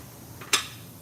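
A metal brake hardware piece is pushed into place on the shoes of a drum brake assembly. After a quiet stretch, a sharp metallic snap sounds at 0.5 seconds as the part seats.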